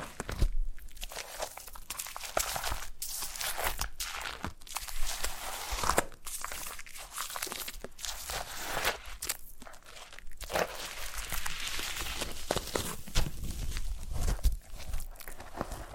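Foam being massaged, a dense, crackling squish of bright crunchy and crinkling sounds that runs almost without pause for the whole stretch. The texture surges and eases every second or so, with brief quieter gaps near 1, 3, 6 and 10 seconds.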